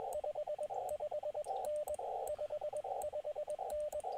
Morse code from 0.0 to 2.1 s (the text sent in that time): 55N